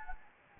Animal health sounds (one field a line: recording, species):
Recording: mosquito wingbeat signal from an infrared sensor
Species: Anopheles gambiae